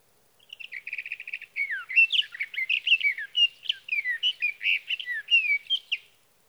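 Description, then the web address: Sage thrasher song: a rapid rattling burst of repeated notes, followed by an unbroken sequence of sweet, slurred warbles rising and dropping in pitch. "birdsongforthecurious Sage Thrasher"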